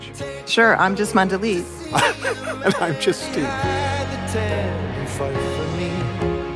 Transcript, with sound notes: Sure. I'm just Mandalit.
(Laughter) And I'm just Steve.